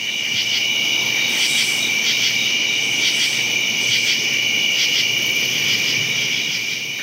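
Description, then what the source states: True katydids rasping in repeated short pulsed bursts over a dense, unbroken high trill of many crickets. Around midnight, true katydids singing up in trees over many thousands of crickets on the ground; they occur in vast numbers and make a tremendous racket.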